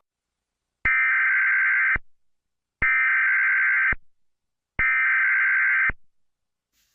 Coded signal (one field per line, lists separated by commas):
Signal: Emergency Alert System (SAME) tones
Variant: header bursts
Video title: WASHINGTON D.C. EAS ALARM 🇺🇸